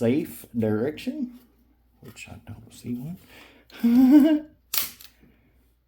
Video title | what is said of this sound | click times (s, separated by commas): VKS: Breakdown, checking/fixing pin, power tuning Wolfman's Brother, how to access the "soul" | nice clicks on nice click so um | 4.8 s